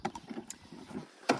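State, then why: Seated. A plastic toilet cassette is pushed straight back into its compartment in a campervan wall. A few light knocks sound early on, then a louder click at 1.3 s as the cassette seats in its housing.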